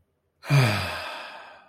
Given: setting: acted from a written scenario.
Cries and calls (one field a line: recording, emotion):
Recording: vocal sound without words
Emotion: relief